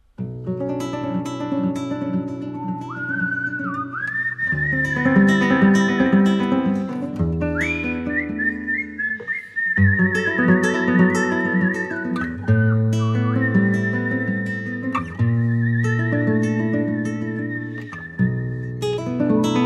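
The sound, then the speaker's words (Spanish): A person whistles a slow melody of long, piercing held notes that step upward in pitch, carried over a steady instrumental backing with chords and rhythm. “Es un sonido penetrante. Es un llamado de atención que queda suspendido en el aire. Es imposible saber si es de un hombre, una mujer, un niño o una niña.”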